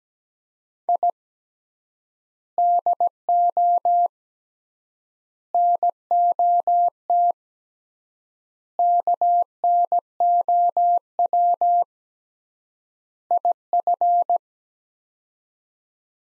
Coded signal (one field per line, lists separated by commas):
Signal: Morse code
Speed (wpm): 17 wpm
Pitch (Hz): 700 Hz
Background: none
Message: I DO NOT KNOW IF